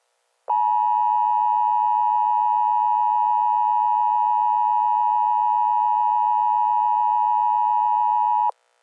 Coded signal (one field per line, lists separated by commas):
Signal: Emergency Alert System (SAME) tones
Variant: 853 and 960 Hz attention tone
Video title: EAS Scenario The Disappearence Of Adobe Flash Player